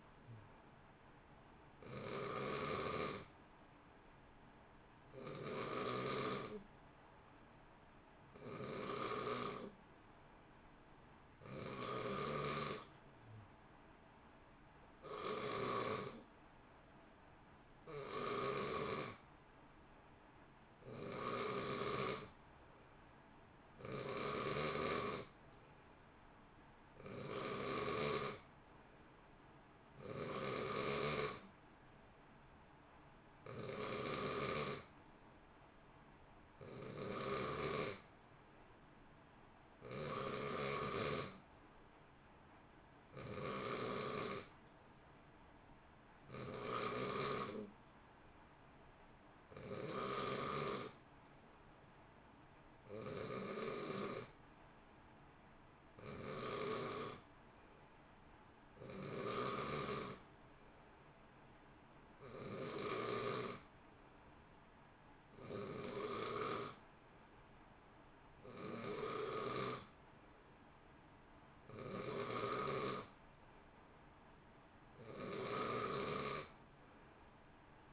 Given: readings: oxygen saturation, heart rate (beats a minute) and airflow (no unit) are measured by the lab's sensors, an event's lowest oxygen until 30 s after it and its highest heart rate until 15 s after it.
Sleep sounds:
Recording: breathing in sleep by a voice recorder at the bedside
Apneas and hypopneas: none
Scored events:
none scored
From the record:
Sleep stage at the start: N2 (light sleep)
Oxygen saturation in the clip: 89 to 91%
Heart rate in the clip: 57 to 67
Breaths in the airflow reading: 29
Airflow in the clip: -0.8 to 0.8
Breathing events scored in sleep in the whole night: 328 in 6.3 hours asleep

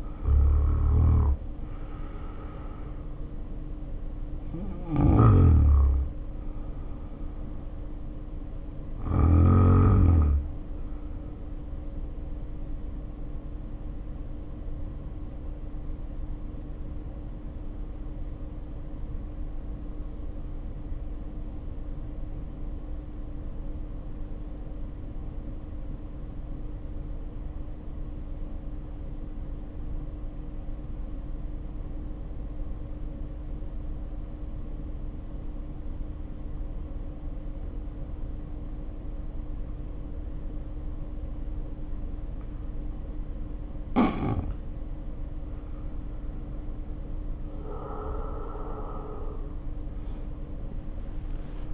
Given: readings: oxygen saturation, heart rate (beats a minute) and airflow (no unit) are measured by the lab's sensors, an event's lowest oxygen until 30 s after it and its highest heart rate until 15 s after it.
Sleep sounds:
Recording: breathing in sleep by a smartphone at the bedside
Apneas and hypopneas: 1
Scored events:
9.00-51.74 s: new sleep stage, N1 (lightest sleep)
16.00-45.80 s: hypopnea (N1, oxygen 95% highest, then 73% lowest, heart rate 51 at the start, 78 highest)
From the record:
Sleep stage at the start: N2 (light sleep)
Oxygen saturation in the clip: 72 to 95%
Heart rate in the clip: 51 to 69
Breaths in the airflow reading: 14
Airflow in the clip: -2.9 to 2.1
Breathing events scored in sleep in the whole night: 520 in 7.2 hours asleep

